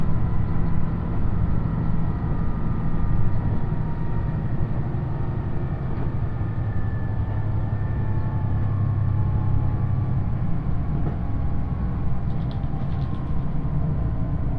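Aboard the Uwakai 5 limited express on the Yosan Line, a steady low rumble of the moving train continues with faint tonal whines and brief chirps near the end.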